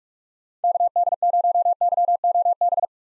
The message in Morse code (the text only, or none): KD0YOB